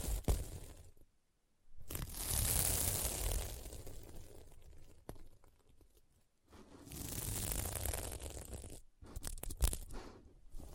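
Scratching across a sequin mermaid pillow comes in two long, dense strokes, one from about 2 to 6 seconds and another from about 7 to 9, each a rough, crunchy, bright rasp. Shorter scrapes and sharp clicks fill the start and end, with near-silent gaps between.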